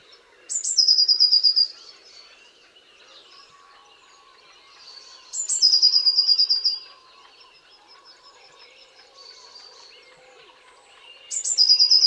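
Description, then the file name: Eurasian blue tit: three bouts, each a sharp high opening note then a quick descending trill of short notes, roughly every five seconds. "Cyanistes caeruleus"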